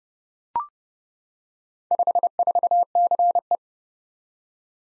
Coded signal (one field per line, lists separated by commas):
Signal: Morse code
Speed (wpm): 30 wpm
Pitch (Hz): 700 Hz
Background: none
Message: 54CE